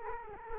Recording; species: mosquito wingbeat signal from an infrared sensor; Culex quinquefasciatus